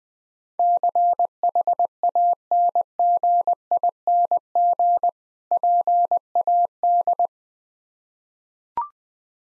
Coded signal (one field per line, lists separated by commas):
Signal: Morse code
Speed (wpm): 20 wpm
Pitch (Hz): 700 Hz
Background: none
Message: CHANGING PAD